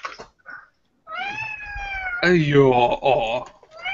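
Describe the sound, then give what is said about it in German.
A cat named Feivel, adopted from an animal shelter, meows in a long, drawn-out series of loud, wavering cries that rise and fall in pitch, with a brief break before a final meow begins. “Ja, war das eine Katze?”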